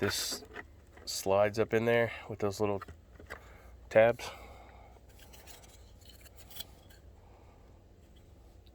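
Someone talks while sliding the plastic head of a Hyper Tough solar LED security light up into its mounting bracket, guided by small tabs, with soft handling, rubbing and a few faint ticks. The clip ends before the head goes home, so nothing has seated or clicked yet.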